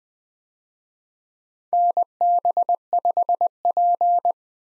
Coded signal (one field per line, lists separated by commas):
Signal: Morse code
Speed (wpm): 20 wpm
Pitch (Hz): 700 Hz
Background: none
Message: NB5P